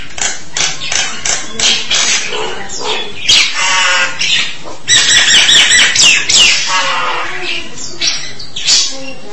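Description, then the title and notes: Starling song of rapid rasping bursts mixed with short whistled and warbled notes, delivered in a busy, uneven stream. "suara burung jalak"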